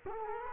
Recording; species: mosquito wingbeat signal from an infrared sensor; Culex quinquefasciatus